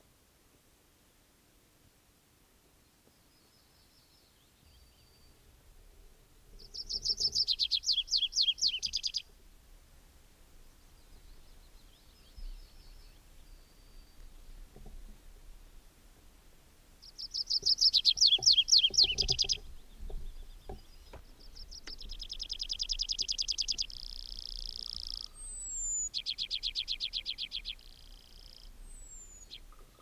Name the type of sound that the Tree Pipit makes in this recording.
song